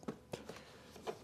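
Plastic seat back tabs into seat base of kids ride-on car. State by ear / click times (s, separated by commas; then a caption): not seated / none. The rear seat part of an Aston Martin F1 kids ride-on toy car, which has two plastic tabs, is pushed into the seat base. A few soft, dull plastic knocks and rubs are heard. The tabs don't push in far, and nothing has clicked or seated yet.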